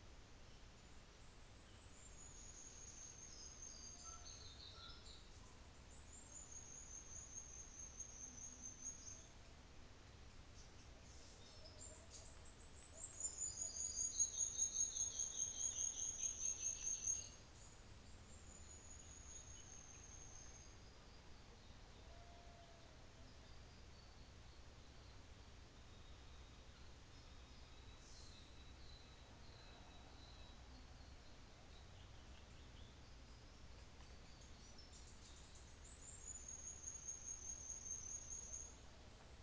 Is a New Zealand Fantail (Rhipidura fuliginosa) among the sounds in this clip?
yes